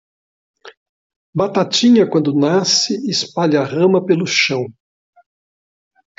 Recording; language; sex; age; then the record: short text; Brazilian Portuguese; male; 70 to 79 years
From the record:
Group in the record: control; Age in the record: 70 years